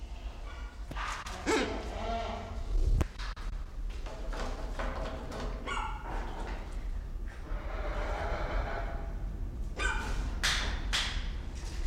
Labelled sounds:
Choco Toucan

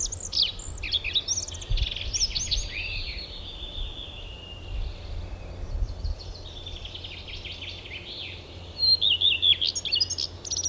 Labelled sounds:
Common Redstart song

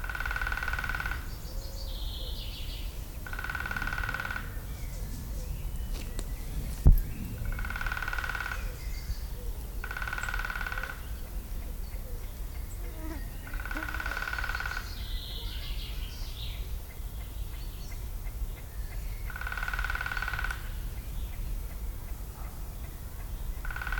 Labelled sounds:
Great Spotted Woodpecker drumming

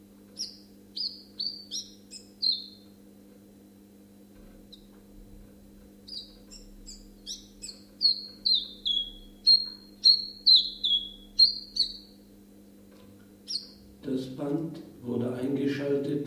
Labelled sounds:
Common Chiffchaff song

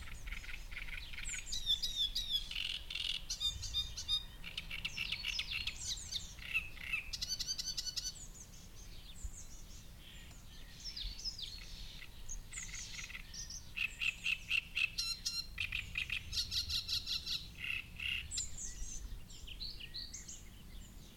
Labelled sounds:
Great Reed Warbler

